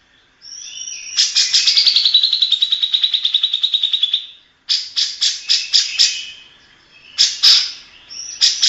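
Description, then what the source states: Grey-cheeked bulbul song: a quick run of harsh notes drifting lower in pitch, a gap, then separate loud chattering bursts. Long-duration master song used for training songbirds.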